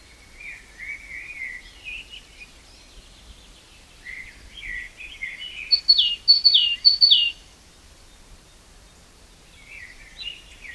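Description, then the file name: Great tit song: soft low warbling at first, then three or four sharp, high descending notes near the middle, fading into faint chirps. "Parus major"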